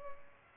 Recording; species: mosquito wingbeat signal from an infrared sensor; Culex pipiens